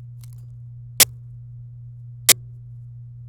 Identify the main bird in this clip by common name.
Domestic Canary